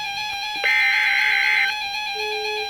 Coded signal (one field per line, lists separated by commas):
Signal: Emergency Alert System (SAME) tones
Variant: header bursts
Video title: Flood Warning (EAS #227)